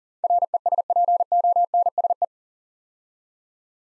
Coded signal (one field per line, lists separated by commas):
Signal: Morse code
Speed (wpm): 43 wpm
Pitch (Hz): 700 Hz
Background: none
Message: RESPONSE